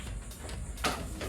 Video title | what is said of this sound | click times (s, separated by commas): OEM TOOLS OIL EXTRACTOR! BEST GARAGE TOOL FOR BMW E46 | Just push it in until it clicks. | 0.8 s